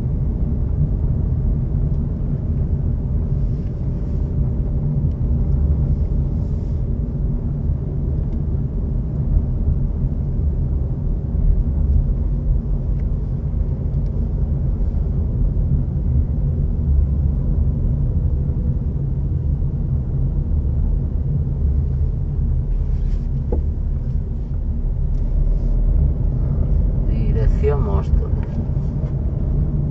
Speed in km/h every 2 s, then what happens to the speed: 28, 28, 26, 28, 27, 27, 26, 27, 24, 24, 25, 22, 22, 22, 17.
0-15 steady at about 27. 15-30 slows to 17.